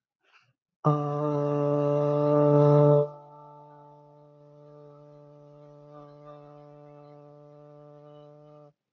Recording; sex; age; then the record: vowel held as long as possible; male; 30 to 39 years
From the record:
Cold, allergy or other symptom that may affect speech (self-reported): no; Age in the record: 34 years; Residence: Nebraska, United States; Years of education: 20